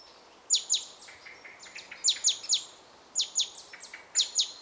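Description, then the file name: Great tit calls: pairs of sharp falling notes repeated in bursts, with fainter chirps between them over background hiss. "Parus major"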